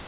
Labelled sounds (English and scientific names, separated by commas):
Grace's Warbler (Setophaga graciae) flight call